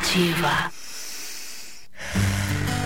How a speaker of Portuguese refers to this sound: Como é bom ouvir um filho respirando tranquilamente.